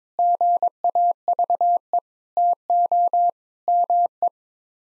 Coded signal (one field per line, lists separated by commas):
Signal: Morse code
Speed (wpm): 21 wpm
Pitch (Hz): 700 Hz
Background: none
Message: GAVE TO ME